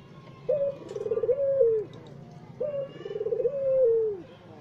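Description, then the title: Barbary dove giving two rolling coos, each a clipped start, a purring tremolo and a drawn-out sliding end, against a low steady hum. White Barbary dove ('puter putih'), masteran training song used in the Indonesian kicau mania songbird hobby for teaching songbirds. "Kicau Mania Masteran Burung Puter Putih"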